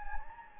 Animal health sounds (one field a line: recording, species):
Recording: mosquito wingbeat signal from an infrared sensor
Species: Anopheles gambiae